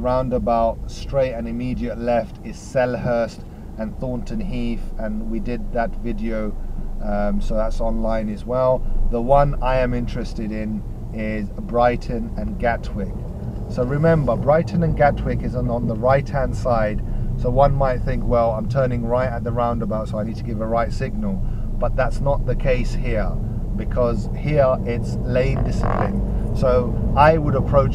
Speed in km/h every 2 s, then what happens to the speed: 3, 2, 3, 5, 8, 8, 11, 13, 15, 13, 15, 18, 26, 27.
0-5 steady at about 3. 5-13 speeds up to 13. 13-19 steady at about 13. 19-28 speeds up to 27.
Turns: none.